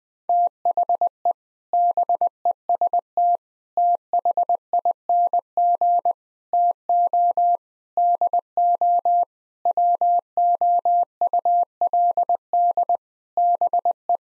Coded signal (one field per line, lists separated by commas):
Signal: Morse code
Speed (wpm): 20 wpm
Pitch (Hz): 700 Hz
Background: none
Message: THE BEST THING TO DO WOULD BE